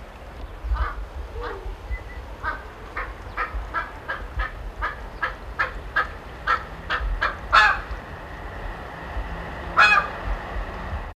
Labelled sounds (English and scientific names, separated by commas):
Bateleur (Terathopius ecaudatus) call